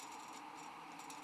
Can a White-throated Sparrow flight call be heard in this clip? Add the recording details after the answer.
no. No flight call is heard. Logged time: 12:11 on 13 December 2014